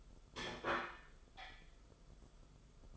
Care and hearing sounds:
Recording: daily activity, microphone in the room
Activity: place plate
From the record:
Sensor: 5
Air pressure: 994.5 hPa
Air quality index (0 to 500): 169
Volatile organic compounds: 559 ppm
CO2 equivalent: 4893 ppm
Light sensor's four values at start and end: 9/21/8/9 and 9/21/8/9

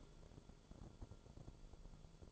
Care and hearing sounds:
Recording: daily activity, microphone in the room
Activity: take from stove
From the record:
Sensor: 5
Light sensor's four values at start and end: 30/66/28/28 and 30/65/27/28

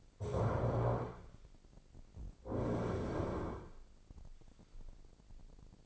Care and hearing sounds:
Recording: daily activity, microphone in the room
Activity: stand up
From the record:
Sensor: 5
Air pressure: 1009.4 hPa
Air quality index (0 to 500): 154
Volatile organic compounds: 2 ppm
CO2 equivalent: 1179 ppm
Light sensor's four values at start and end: 251/601/255/278 and 247/592/251/273

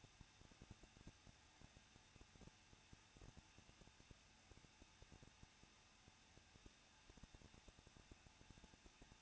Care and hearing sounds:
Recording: daily activity, microphone in the room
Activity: no activity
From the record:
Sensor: 2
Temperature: 21.0 degrees Celsius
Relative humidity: 37.5%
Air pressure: 1006.2 hPa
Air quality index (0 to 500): 224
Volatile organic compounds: 25 ppm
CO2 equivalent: 2840 ppm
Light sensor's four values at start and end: 2/3/2/2 and 2/3/2/2

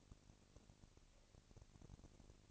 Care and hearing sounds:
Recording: daily activity, microphone in the room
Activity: no activity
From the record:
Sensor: 4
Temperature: 22.5 degrees Celsius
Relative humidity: 33.3%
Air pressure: 999.6 hPa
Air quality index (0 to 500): 231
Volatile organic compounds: 21 ppm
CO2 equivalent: 2707 ppm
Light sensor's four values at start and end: 2/3/1/1 and 2/3/1/1

